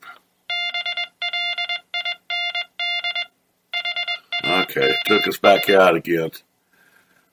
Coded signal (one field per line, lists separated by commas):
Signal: Morse code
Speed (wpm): 21 wpm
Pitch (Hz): 2100 Hz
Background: speech, music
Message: BLIND HAMS